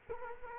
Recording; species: mosquito wingbeat signal from an infrared sensor; Culex quinquefasciatus